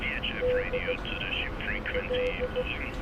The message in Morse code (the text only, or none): D L